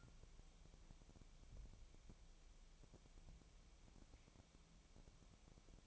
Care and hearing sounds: daily activity, microphone in the room; wipe stove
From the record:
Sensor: 1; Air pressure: 1001.6 hPa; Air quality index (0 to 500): 217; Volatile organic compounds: 27 ppm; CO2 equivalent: 2888 ppm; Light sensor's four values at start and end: 7/28/10/11 and 7/28/10/11

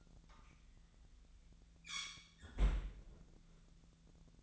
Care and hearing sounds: daily activity, microphone in the room; close fridge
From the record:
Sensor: 3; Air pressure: 1009.6 hPa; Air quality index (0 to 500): 194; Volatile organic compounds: 16 ppm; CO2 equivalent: 2524 ppm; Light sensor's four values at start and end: 37/92/39/42 and 37/92/39/42

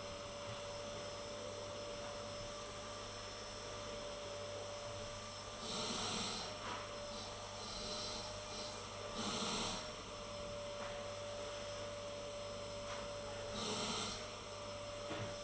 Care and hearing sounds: daily activity, microphone in the room; vacuum cleaning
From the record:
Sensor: 4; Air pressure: 1008.5 hPa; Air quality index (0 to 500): 62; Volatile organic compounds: 1 ppm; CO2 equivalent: 598 ppm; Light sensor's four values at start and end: 13/31/12/12 and 14/31/12/12

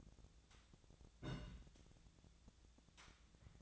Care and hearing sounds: daily activity, microphone in the room; place on stove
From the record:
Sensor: 3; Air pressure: 1000.0 hPa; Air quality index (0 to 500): 126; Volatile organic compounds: 2 ppm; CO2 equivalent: 1129 ppm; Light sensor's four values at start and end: 44/111/48/53 and 44/110/47/52

